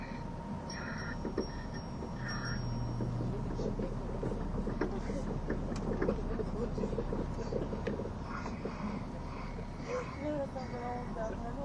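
A train runs along the Gotthard Tobasis Tunnel route with a steady, dense low rumble that holds at an even level throughout. Thin whines and faint tones come and go above it, and soft voices surface briefly, with a short chirping sound near the end.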